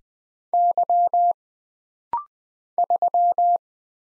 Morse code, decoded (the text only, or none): Y 3